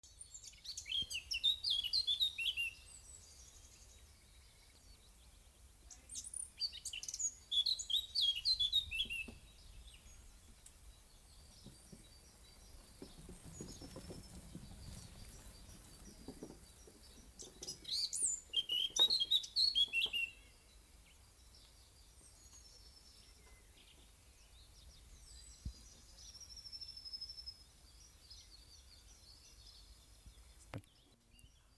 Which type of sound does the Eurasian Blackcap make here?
song